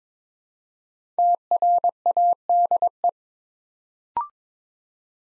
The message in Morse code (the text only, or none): TRADE